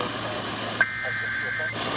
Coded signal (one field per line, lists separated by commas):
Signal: Emergency Alert System (SAME) tones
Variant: header bursts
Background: speech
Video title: Severe thunderstorm warnings EAS#157-161